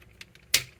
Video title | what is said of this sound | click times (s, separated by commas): Chuck's Reviews Transformers Studio Series 86 Devastator | push it down until it snaps. | 0.5 s